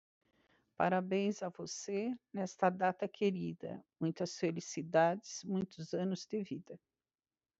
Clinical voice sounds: short text; Brazilian Portuguese; female; 20 to 29 years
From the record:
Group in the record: control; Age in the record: 23 years

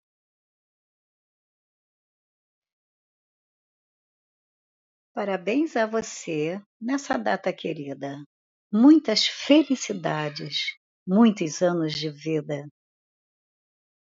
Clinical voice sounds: short text; Brazilian Portuguese; female; 60 to 69 years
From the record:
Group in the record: control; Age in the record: 62 years

